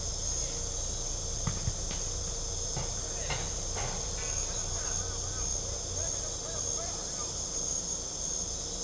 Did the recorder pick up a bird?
no